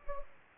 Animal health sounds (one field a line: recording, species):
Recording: mosquito wingbeat signal from an infrared sensor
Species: Anopheles gambiae